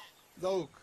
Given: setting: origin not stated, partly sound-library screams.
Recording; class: one-second piece from a danger detection set; normal situation